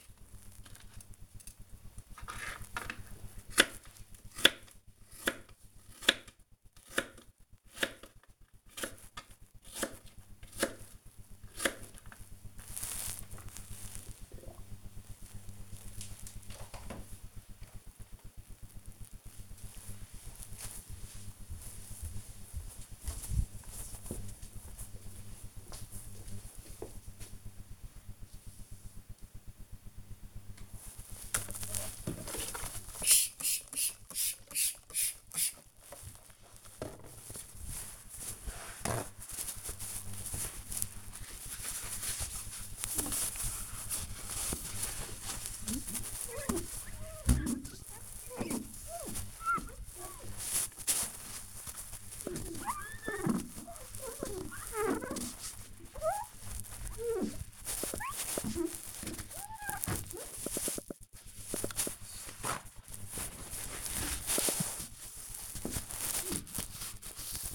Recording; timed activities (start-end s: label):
household activities, microphone on the right wrist
0.00-12.79 s: cutting vegetables
29.90-67.55 s: window cleaning